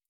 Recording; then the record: hydrophone in a shrimp aquaculture tank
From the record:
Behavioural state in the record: stressed